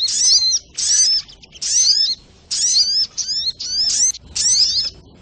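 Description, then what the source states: Little Spiderhunter song of shrill chattering phrases with slurred whistles, several bursts separated by short gaps. Training recording (masteran) of a sogok ontong, labelled 'Labaik'.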